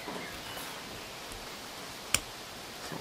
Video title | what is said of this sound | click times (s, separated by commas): SOLARSTROM im GARTEN / Solarpanel | mal ansetzen also hiermit knacks | 2.1 s